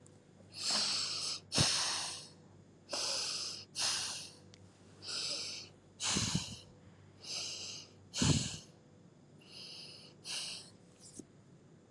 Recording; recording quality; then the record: deep breathing; excellent, no background noise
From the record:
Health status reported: healthy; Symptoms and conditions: none ticked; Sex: female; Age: 25 years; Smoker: not ticked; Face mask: not worn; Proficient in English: yes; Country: India